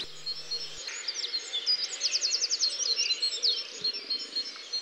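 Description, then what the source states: Bird song, a fast run of high, evenly spaced ticking notes with twittering phrases around them, steady background hiss throughout. Song unit.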